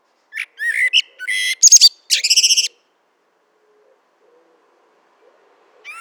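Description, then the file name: Common blackbird singing a short burst of whistled and chattering notes, ending in a rapid rattling series, followed by about three seconds of silence and a faint note at the end. "Turdus merula"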